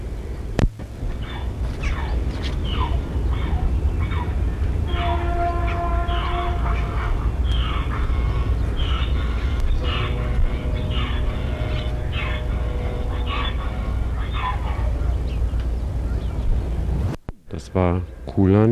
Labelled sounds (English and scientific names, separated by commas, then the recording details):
Wapiti (Cervus canadensis) rut call
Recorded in captivity
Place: Tierpark Berlin, Berlin, DE
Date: 1975-11-01 12:10
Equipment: Uher CR 210, Sennheiser MD 421, Kopie Uher 4200
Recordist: Tembrock, Günter